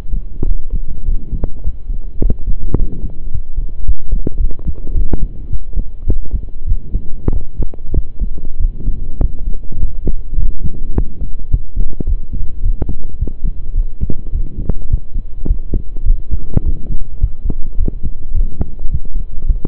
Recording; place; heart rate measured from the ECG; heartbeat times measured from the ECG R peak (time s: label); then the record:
heart sounds by stethoscope; between the tricuspid and mitral areas; 104 bpm
0.47 s: heartbeat
1.06 s: heartbeat
1.64 s: heartbeat
2.22 s: heartbeat
2.78 s: heartbeat
3.32 s: heartbeat
3.87 s: heartbeat
4.40 s: heartbeat
4.95 s: heartbeat
5.51 s: heartbeat
6.07 s: heartbeat
6.68 s: heartbeat
7.33 s: heartbeat
7.95 s: heartbeat
8.60 s: heartbeat
9.22 s: heartbeat
9.80 s: heartbeat
10.38 s: heartbeat
10.96 s: heartbeat
11.52 s: heartbeat
12.08 s: heartbeat
12.64 s: heartbeat
13.20 s: heartbeat
13.76 s: heartbeat
14.33 s: heartbeat
14.91 s: heartbeat
15.48 s: heartbeat
16.06 s: heartbeat
16.65 s: heartbeat
17.22 s: heartbeat
17.79 s: heartbeat
18.35 s: heartbeat
18.92 s: heartbeat
19.47 s: heartbeat
From the record:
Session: pedaling a stationary bicycle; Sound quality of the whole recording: saturated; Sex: male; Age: 23 years